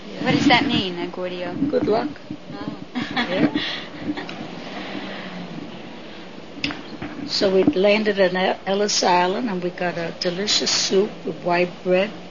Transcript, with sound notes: What does that mean, Agordio?
Good luck. (laughs) So we landed at Ellis Island, and we got a delicious soup with white bread.